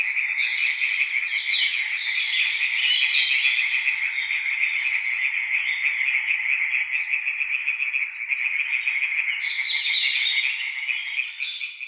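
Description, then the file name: European tree frog chorus, many rasping rapid croaks blending together steadily throughout. Several tree frogs recorded at Witteveen, Netherlands. "Boomkikkers bij Witteveen - Sound Cloud - luc de bruijn"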